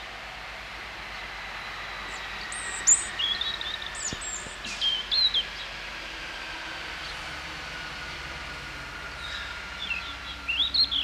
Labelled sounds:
European Robin (Erithacus rubecula) song
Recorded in the wild
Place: Oberstdorf, Bayern, DE
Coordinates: 47.4436, 10.2944
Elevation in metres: 849
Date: 1978-03-22 10:00
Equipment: Uher 4000 Report
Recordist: Tretzel, Erwin

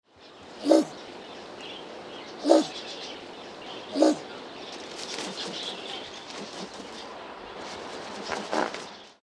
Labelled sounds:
Common Raven (Corvus corax)
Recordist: Tembrock, Günter
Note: Dumpfe Laute

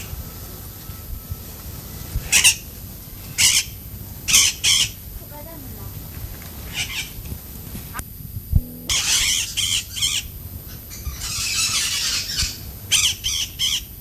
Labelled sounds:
Blue-winged Macaw (Primolius maracana) call
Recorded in captivity
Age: adult
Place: Zoo Berlin, Berlin, DE
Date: 2005-09-01 16:13
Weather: sunny, 24°C
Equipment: Panasonic RQ-2102, Sennheiser ME 80, Kopie Uher 4000 Report Monitor
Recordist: Tembrock, Günter

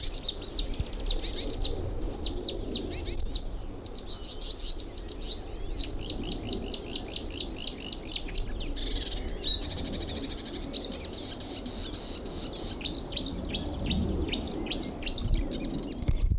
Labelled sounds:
Marsh Warbler (Acrocephalus palustris)
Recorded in the wild
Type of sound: song, call, call sequence, twittering
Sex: male
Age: adult
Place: Blankenfelde, Tegeler Fließ, Berlin, DE
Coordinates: 52.645, 13.395
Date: 1992-05-30 10:50
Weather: sonnig, 19-23°C, böiger Wind
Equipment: Marantz CP 430, Sennheiser ME 80, K 30 AV, Kopie Tesla B 116
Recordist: Tembrock, Günter
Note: Wäldchen am Standrohr; Gesang, kurz

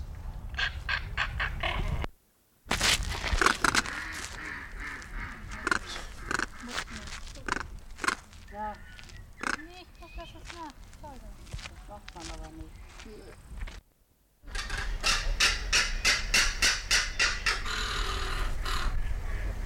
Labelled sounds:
Crested Caracara (Caracara plancus)
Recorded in captivity
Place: Timmendorfer Strand, Holsteinische Schweiz, Schleswig-Holstein, DE
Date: 1992-09-21 15:55
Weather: sonnig, 22°C
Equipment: Marantz CP 430, Sennheiser ME 80, Kopie Tesla B 116
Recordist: Tembrock, Günter
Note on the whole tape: Vogelpark Niendorf; P.p. plancus; vorn am Gitter, Laute durch ein Kind animiert (vorher Rufreihe), dann Rufreihen, verjagt Bengalgeier vom Futter

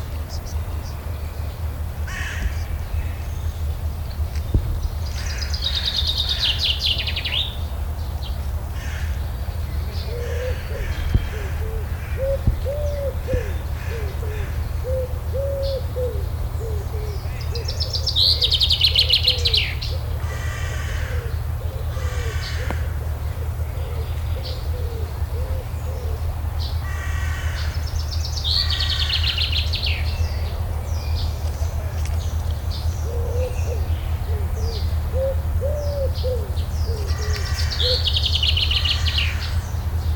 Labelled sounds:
Common Wood Pigeon (Columba palumbus) song
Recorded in the wild
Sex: male
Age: adult
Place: Schloßpark Babelsberg, Brandenburg, DE
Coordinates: 52.4053, 13.0928
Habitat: oak tree
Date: 1996-06-07 15:54
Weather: sunny, 30-32°C
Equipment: Sony MD-WM MZ-R3, Sennheiser MKH 416 T, Kopie Uher 4000 Report Monitor
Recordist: Tembrock, Günter

